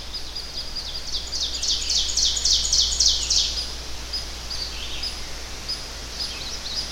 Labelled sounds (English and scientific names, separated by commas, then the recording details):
Ovenbird (Seiurus aurocapilla) song
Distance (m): 20 m
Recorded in boreal forest in Alberta, Canada, on 10 June 2016 at 08:15
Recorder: SongMeter 3, array SBT-3-39
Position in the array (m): 234 m, 147 m
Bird 17